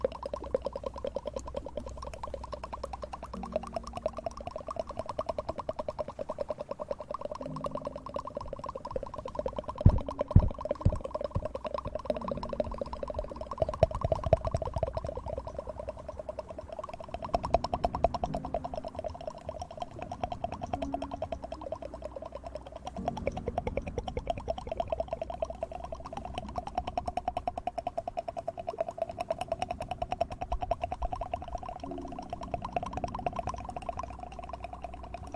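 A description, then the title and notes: Rapid mouth sounds run throughout, over a steady low-mid hum that holds for the full length. Short tonal blips come in bursts every few seconds, and quick clusters of sharp clicks and pops stand out near 10, 14, 18 and 31 seconds. Fastest Mouth Sounds.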